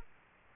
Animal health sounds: mosquito wingbeat signal from an infrared sensor; Culex quinquefasciatus

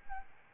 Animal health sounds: mosquito wingbeat signal from an infrared sensor; Aedes albopictus

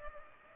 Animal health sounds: mosquito wingbeat signal from an infrared sensor; Culex pipiens

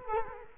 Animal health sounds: mosquito wingbeat signal from an infrared sensor; Culex quinquefasciatus

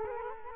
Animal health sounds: mosquito wingbeat signal from an infrared sensor; Culex quinquefasciatus

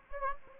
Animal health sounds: mosquito wingbeat signal from an infrared sensor; Anopheles gambiae

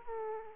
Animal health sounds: mosquito wingbeat signal from an infrared sensor; Aedes aegypti

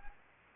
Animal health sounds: mosquito wingbeat signal from an infrared sensor; Anopheles gambiae

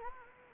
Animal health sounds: mosquito wingbeat signal from an infrared sensor; Anopheles gambiae

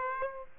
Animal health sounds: mosquito wingbeat signal from an infrared sensor; Aedes aegypti

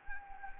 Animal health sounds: mosquito wingbeat signal from an infrared sensor; Anopheles gambiae

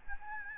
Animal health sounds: mosquito wingbeat signal from an infrared sensor; Aedes albopictus

